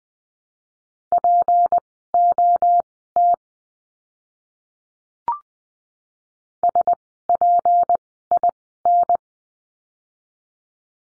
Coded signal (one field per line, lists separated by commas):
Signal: Morse code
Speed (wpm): 20 wpm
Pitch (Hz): 700 Hz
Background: none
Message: POT SPIN